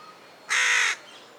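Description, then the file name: Carrion crow: one harsh, rasping caw from a carrion crow, short and steady in pitch, standing clear above a low hiss. "Corvus corone"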